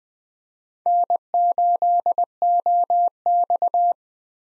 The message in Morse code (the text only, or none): N8OX